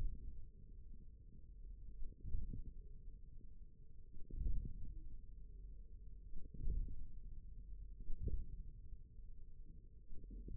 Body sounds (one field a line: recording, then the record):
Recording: forearm muscle sounds (acoustic myography)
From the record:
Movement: radial deviation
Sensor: system 1, eight BSWA MPA416 microphones around the upper forearm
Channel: 4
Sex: male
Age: 41 years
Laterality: right